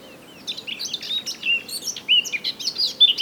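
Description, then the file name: Eurasian blackcap song fragment, scratchy chattering notes opening into louder, clearer whistled notes. "Sylvia atricapilla"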